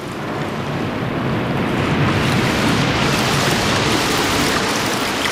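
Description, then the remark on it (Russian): Ocean tide waves and surf at Hormuz roar in a dense, continuous hissing wash, swelling slightly mid-way, with no voices present. “Побежал, а море за мной. Потом узнал, океаном то море зовется.”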